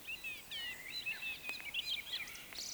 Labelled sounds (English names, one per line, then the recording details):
Eurasian Woodcock whistle
Eurasian Woodcock croak
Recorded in Baden-Württemberg, Germany, on 20 May 2021 at 19:23 UTC
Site 24606, 635 m above sea level